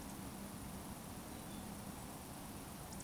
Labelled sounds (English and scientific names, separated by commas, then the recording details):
Eurasian Woodcock (Scolopax rusticola) whistle
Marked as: whistle, whistle
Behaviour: display flight
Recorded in Baden-Württemberg, Germany, on 21 June 2020 at 20:15 UTC
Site 42618, 210 m above sea level